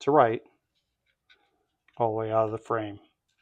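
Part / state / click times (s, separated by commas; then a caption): magazine release spring in a pistol frame / not seated / none. Someone talks while handling the magazine release and its spring in a Glock 17 polymer pistol frame, sliding the magazine release out of the frame. Only a couple of faint soft ticks occur between the speech around 1.3 and 1.9 seconds. Nothing has seated or clicked yet.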